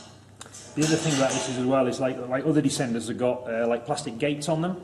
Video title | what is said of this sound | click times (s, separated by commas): D4 Work Rescue Descender Instructional Video | of when that clicks through it clicks into place | 0.4 s